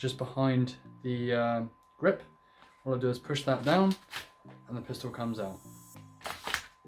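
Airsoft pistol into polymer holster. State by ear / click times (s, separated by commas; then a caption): seated / 6.5 s. An airsoft pistol is drawn from a polymer holster by pushing down the thumb release behind the grip, then put back in as someone talks. A sharp click at 6.5 s marks the pistol locking into the holster.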